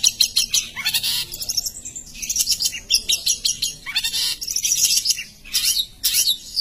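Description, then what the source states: Long-tailed shrike song, a dense run of high scratchy chirps and buzzy notes in quick bursts, with brief pauses between phrases. Masteran recording, a collection of various songbird sounds used for training songbirds.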